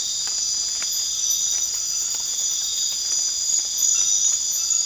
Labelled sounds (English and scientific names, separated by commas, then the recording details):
none
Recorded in pastures near Puerto Asís, Putumayo, Colombia, on 8 March 2025 at 00:00
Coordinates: 0.502, -76.324
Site GP07